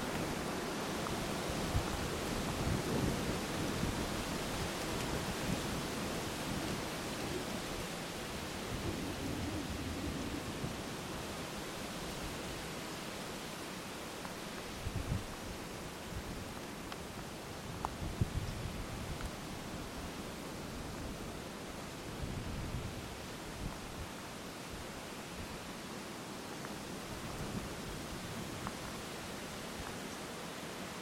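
High winds blow through a park on an early morning walk, with leaves shaking intensely. The rushing sound is dense and steady, strongest in the low rumble of gusts, which swell and ease unevenly. Faint brief ticks and rustles surface now and then.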